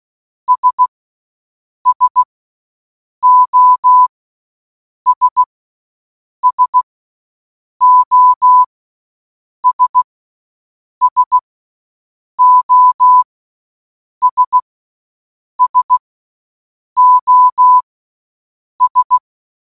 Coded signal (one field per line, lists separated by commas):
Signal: Morse code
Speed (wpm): 16 wpm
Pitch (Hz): 1000 Hz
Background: none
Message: S SOS SOS SOS SOS